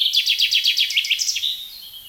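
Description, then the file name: Common chaffinch singing a steady run of clipped, evenly repeated notes, sliding lower and ending in a brief flourish. "Fringilla coelebs"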